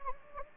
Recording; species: mosquito wingbeat signal from an infrared sensor; Anopheles gambiae